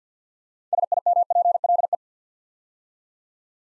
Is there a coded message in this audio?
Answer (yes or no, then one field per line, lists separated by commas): yes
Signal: Morse code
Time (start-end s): 0.7-1.9 s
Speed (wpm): 50 wpm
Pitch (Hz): 700 Hz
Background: none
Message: SIMPLE